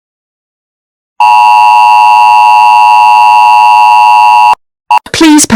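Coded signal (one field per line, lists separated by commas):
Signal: Emergency Alert System (SAME) tones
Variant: 853 and 960 Hz attention tone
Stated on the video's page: Fictional EAS scenario.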